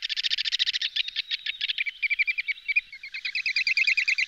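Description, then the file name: Wood sandpiper giving a long, rapid, rattling trill of high notes, shifting midway into a series of bright, slurred whistles. "piro piro boschereccio"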